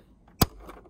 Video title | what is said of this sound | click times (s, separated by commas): Threading the Singer Start Model 1304 | push it till it clicks | 0.4 s